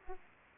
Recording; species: mosquito wingbeat signal from an infrared sensor; Aedes aegypti